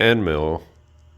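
A 3/16 end mill shank is handled at a machinist clamp as a size check. Someone talks for about the first 0.6 seconds, then only a low steady hum remains. Nothing has seated or clicked yet.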